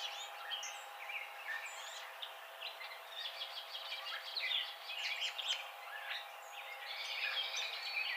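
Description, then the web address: Song sparrow song: busy, tumbling chirps, louder in the middle and near the end, over a constant low hum. Recorded 28 April 2007. "Song Sparrow 2007 04 28"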